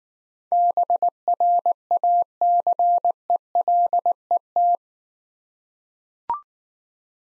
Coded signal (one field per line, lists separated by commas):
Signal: Morse code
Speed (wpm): 18 wpm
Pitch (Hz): 700 Hz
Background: none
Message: BRACELET